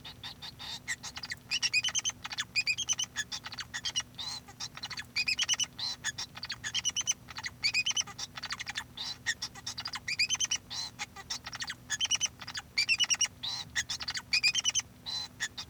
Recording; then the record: song of a male Bengalese finch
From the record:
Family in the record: son of father 2